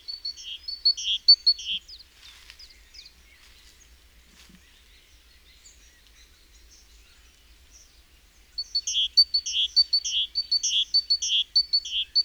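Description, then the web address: Great tit calls: bursts of high clipped notes alternating with buzzy rasps, a long quiet pause in the middle, then the pattern resumes strongly. "SETE Parus major"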